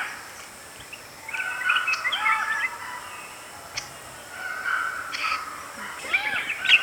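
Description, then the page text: Flame-throated bulbul singing bubbling, warbled phrases in a few spells with pauses between, against faint background hiss. "Flame-Throated Bulbul Song. Quick Sounds"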